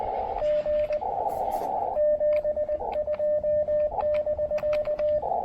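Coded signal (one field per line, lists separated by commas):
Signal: Morse code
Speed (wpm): 20 wpm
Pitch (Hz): 600 Hz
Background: radio noise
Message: G 72 <BK>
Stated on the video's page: Morse heard during an early-morning park activation in changeable weather.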